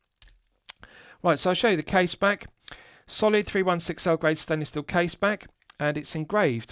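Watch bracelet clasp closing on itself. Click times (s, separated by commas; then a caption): 0.2 s, 0.8 s. A stainless steel watch bracelet clasp on a WMT Royal Marine M16-010A, a Live And Let Die 5513 Submariner homage, snaps shut on itself, with sharp clicks at 0.2 s and 0.8 s. The clasp seats securely with a positive click. Someone then talks.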